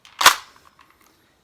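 A piece is pushed into a slot on a plastic toy jet body, tripping a spring latch so its spring-loaded wings pop out. A sharp, loud snap comes at 0.2 s and peaks at 0.3 s, followed by a few faint ticks as it settles. The wings are released.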